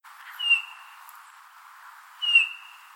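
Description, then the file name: Eurasian bullfinch calling: two short, soft piped whistles, each slightly falling, about two seconds apart, over faint steady background hiss. Recorded at Guggenmühle on 5 September 2013. "Gimpel. Guggenmuehle. Matthias Bull"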